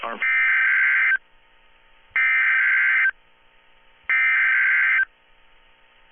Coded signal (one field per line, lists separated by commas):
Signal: Emergency Alert System (SAME) tones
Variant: header bursts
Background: speech